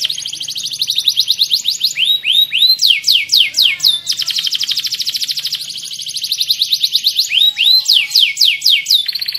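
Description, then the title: Canary song alternating fast high trills with runs of arched whistled notes, repeated in several phrases with little pause. Indonesian song style called kalitan, gaya gela gelo. "KENARI KALITAN GAYA GELA GELO"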